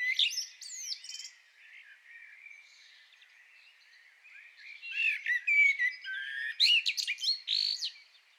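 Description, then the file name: Common blackbird: a burst of high squeaky notes, a quieter stretch of soft chattering, then fluted notes and high squeaky twitters. "Turdus merula"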